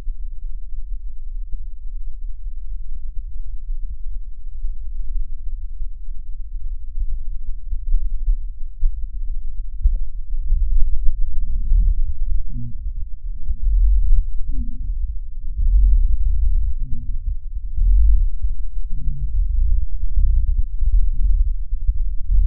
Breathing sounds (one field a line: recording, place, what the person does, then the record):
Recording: lung sounds by stethoscope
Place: left posterior apical chest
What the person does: quiet breathing, then deep breathing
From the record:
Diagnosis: interstitial lung disease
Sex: female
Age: 72 years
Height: 153 cm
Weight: 71 kg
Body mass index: 30.3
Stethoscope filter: bell mode